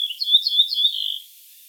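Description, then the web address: Ortolan bunting call: a brief burst of high, thin, slurred chirps running together for about a second, then fading into quiet hiss. "emberiza hortulana call"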